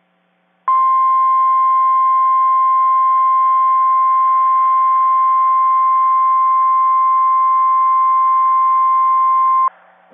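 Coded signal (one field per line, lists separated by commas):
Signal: Emergency Alert System (SAME) tones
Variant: 1050 Hz attention tone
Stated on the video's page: Tornado warning on NOAA weather radio station KIH24.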